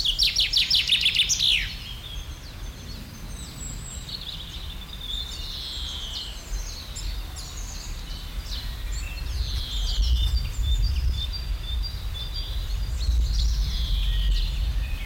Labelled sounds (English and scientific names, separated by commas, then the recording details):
Common Chaffinch (Fringilla coelebs)
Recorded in the wild
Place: Mühlenbeck, Brandenburg, DE
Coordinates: 52.67, 13.38
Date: 1996-04-28 14:47
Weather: heiter-wolkig, 17°C
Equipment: Sony MD-WM MZ-R3, Sennheiser MKH 416 T, Kopie Uher 4000 Report Monitor
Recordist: Tembrock, Günter